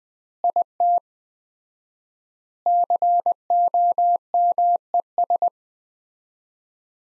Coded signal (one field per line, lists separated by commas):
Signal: Morse code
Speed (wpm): 20 wpm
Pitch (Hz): 700 Hz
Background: none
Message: IT COMES